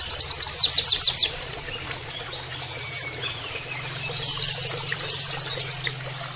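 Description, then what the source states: White-eye gives a quick run of high slurred notes, a short pause with scattered chips, then a longer rapid trill. Training (masteran) recording of a persistently singing (gacor) white-eye (pleci), with canary-like phrases (nembak kenarian).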